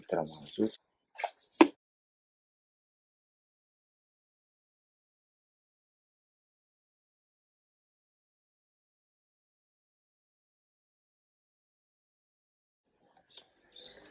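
Someone talks briefly while the new diesel fuel filter element for a Ford Ranger 3.2 is handled for fitting into its plastic filter housing. A long silence follows, then faint, soft handling noises near the end. Nothing has seated or clicked yet.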